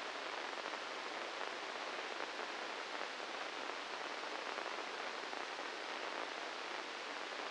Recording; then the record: brain microelectrode recording played as sound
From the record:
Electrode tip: inside the subthalamic nucleus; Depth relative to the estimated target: -3 mm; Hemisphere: left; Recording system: NeuroSet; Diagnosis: Parkinson's disease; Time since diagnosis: 10 years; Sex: male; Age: 56 years